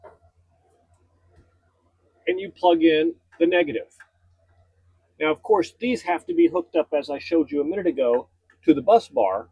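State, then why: Not seated. A negative battery cable plug is picked up and lined up with an EG4 Chargeverter 48V battery charger, ready for insertion. After about two seconds of near-silence with faint handling noise, someone talks through the rest of the clip. Nothing has seated or clicked yet.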